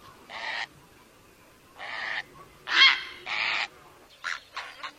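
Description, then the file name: Great blue heron calls: four grating squawks, followed by a few shorter rough notes. "Canto do garca azul grande"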